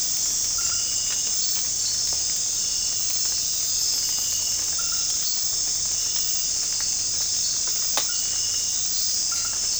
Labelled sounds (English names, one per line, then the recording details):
none
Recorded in secondary vegetation near Puerto Asís, Putumayo, Colombia, on 13 March 2025 at 23:30
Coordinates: 0.502, -76.326
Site G100